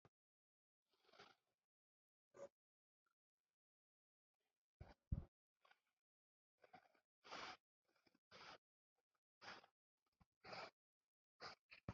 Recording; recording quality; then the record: shallow breathing; poor, much background noise or distortion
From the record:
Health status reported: healthy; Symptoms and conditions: none ticked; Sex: male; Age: 54 years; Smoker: not ticked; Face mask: not worn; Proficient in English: yes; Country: India